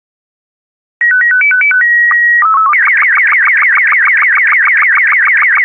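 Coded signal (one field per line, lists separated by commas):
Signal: SSTV (slow-scan television)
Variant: Robot 36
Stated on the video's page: SSTV signal created with an SSTV generator, made as a tutorial.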